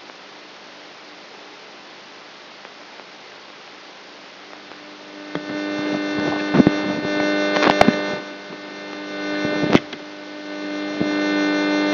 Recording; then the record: brain microelectrode recording played as sound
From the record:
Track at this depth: outside the subthalamic nucleus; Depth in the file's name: 0.001 mm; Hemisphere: left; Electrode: 3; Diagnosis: Parkinson's disease